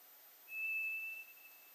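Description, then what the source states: White's thrush song: one long, thin, even-pitched whistle that fades away slowly. Recorded 2 July 2007.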